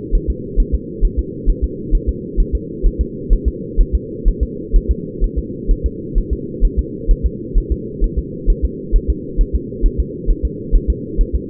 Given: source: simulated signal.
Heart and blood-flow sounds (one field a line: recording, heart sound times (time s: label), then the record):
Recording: fetal heart sounds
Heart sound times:
0.15 s: S1
0.30 s: S2
0.60 s: S1
0.75 s: S2
1.05 s: S1
1.19 s: S2
1.50 s: S1
1.64 s: S2
1.95 s: S1
2.09 s: S2
2.40 s: S1
2.55 s: S2
2.86 s: S1
3.01 s: S2
3.33 s: S1
3.48 s: S2
3.81 s: S1
3.95 s: S2
4.28 s: S1
4.43 s: S2
4.76 s: S1
4.91 s: S2
5.24 s: S1
5.39 s: S2
5.71 s: S1
5.86 s: S2
6.18 s: S1
6.33 s: S2
6.65 s: S1
6.79 s: S2
7.11 s: S1
7.26 s: S2
7.58 s: S1
7.72 s: S2
8.04 s: S1
8.19 s: S2
8.50 s: S1
8.65 s: S2
8.96 s: S1
9.10 s: S2
9.41 s: S1
9.55 s: S2
9.86 s: S1
10.00 s: S2
10.30 s: S1
10.45 s: S2
10.75 s: S1
10.90 s: S2
11.21 s: S1
11.36 s: S2
From the record:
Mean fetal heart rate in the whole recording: 130 bpm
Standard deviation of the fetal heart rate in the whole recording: 2 bpm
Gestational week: 38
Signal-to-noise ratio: -4.1 dB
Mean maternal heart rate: no maternal heart sound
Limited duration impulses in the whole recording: absent